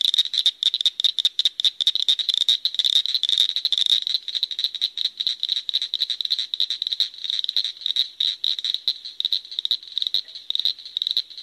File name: Acris crepitans - Northern Cricket Frog